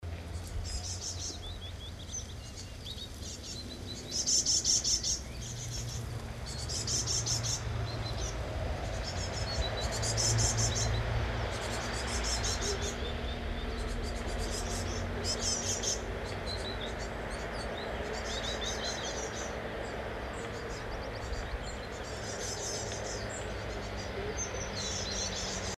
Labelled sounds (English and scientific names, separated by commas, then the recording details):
Great Tit (Parus major) begging call
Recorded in the wild
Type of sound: begging call
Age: juvenile
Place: Kaiserslautern, Rheinland-Pfalz, DE
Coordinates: 49.4247, 7.77889
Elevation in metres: 279
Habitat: garden
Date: 1982-06-10
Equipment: Uher 4000 Report, Brühler-Mikrophon, Parabolreflektor
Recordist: Tretzel, Erwin
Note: Aufnahme Juni 1982 bis 10.6., vermutlich Garten, Kaiserslautern: Bettellaute